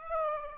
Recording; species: mosquito wingbeat signal from an infrared sensor; Aedes aegypti